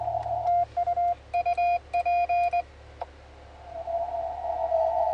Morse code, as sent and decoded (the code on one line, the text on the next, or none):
..- .--.
UP